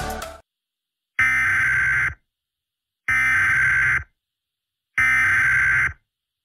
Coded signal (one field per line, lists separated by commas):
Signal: Emergency Alert System (SAME) tones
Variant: header bursts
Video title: EAS Mock #4 - Law Enforcement Warning